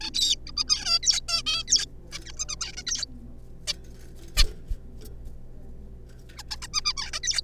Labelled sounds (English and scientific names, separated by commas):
Zebra Finch (Taeniopygia guttata)